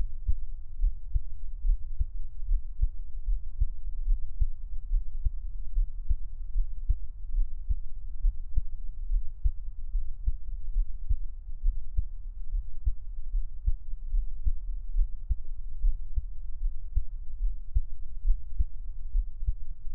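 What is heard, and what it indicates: Steady, regular low thumps at about 72 beats a minute, evenly spaced throughout with no talking. A soft, constant low hum sits underneath. It is a close-miked adult heartbeat for Taiwanese ASMR listening, best heard on headphones.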